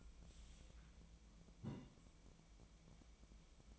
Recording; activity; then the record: daily activity, microphone in the room; take from stove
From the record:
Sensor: 1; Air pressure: 1010.0 hPa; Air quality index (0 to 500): 187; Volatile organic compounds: 17 ppm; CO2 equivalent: 2570 ppm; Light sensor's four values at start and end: 38/96/40/49 and 37/95/40/49